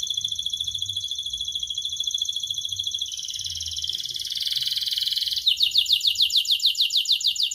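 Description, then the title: Canary song: a long steady rolling trill that thickens and shifts, then becomes a quick repeated series of downslurred notes. Canary singing persistently with a rich, varied song. "Kenari Gacor Cengkok Terbaik Isian Paling Mewah"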